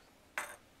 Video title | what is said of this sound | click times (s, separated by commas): Battery standard | you just push that down pop it right back out | 0.4 s